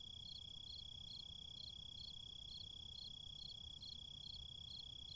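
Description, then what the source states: Crickets chirping, a high pulsed chirp repeated regularly alongside a continuous high tone, over a steady low background rumble. Crickets recorded in a city.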